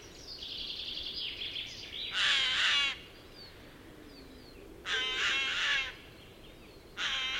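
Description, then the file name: Eurasian jay uttering three loud, hoarse screeches a couple of seconds apart. "Garrulus glandarius"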